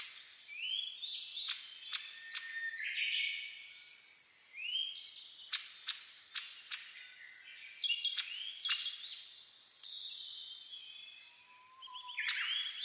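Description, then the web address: Birds singing together at dawn, with high chips, upslurred whistles and short trills layered over one another, with a low steady whistle near the end. Dawn chorus (reimei) of birdsong (saezuri), recorded 10 May 2010. "reimei -saezuri-20100510-0401"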